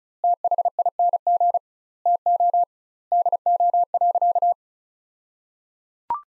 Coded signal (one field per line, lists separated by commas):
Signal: Morse code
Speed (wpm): 34 wpm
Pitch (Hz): 700 Hz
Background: none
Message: THING TO DO.